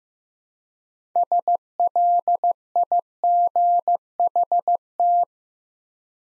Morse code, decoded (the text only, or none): SLIGHT